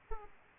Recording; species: mosquito wingbeat signal from an infrared sensor; Aedes aegypti